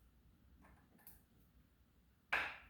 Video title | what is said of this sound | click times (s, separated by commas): Stans Slider #13 and Customization HARP REASSEMBLY B Seydel Saxony David Kettlewell | there's the click that means | 2.3 s